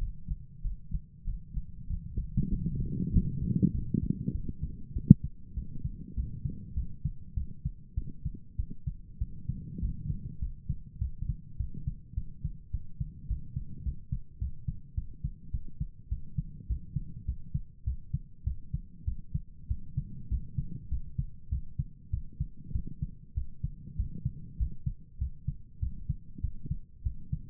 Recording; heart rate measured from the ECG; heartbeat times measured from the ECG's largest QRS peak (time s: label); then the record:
heart sounds by stethoscope; 100 bpm
0.61 s: heartbeat
1.24 s: heartbeat
1.86 s: heartbeat
2.48 s: heartbeat
3.10 s: heartbeat
3.71 s: heartbeat
4.31 s: heartbeat
4.93 s: heartbeat
5.53 s: heartbeat
6.14 s: heartbeat
6.74 s: heartbeat
7.34 s: heartbeat
7.94 s: heartbeat
8.56 s: heartbeat
9.18 s: heartbeat
9.79 s: heartbeat
10.39 s: heartbeat
10.98 s: heartbeat
11.56 s: heartbeat
12.14 s: heartbeat
12.71 s: heartbeat
13.27 s: heartbeat
13.83 s: heartbeat
14.38 s: heartbeat
14.94 s: heartbeat
15.51 s: heartbeat
16.08 s: heartbeat
16.66 s: heartbeat
17.25 s: heartbeat
17.84 s: heartbeat
18.43 s: heartbeat
19.04 s: heartbeat
19.67 s: heartbeat
20.28 s: heartbeat
20.88 s: heartbeat
21.49 s: heartbeat
22.10 s: heartbeat
22.72 s: heartbeat
23.34 s: heartbeat
23.96 s: heartbeat
24.57 s: heartbeat
25.18 s: heartbeat
25.79 s: heartbeat
26.40 s: heartbeat
27.03 s: heartbeat
From the record:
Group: healthy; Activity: breath hold 0-4 s, rest 4-28 s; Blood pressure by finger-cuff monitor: 104/68 mmHg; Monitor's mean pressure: 80 mmHg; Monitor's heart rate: 99 bpm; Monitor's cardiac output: 7.9 L/min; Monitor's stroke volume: 78 mL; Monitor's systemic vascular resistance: 720 dyn s/cm5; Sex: male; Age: 19 years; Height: 178 cm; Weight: 83 kg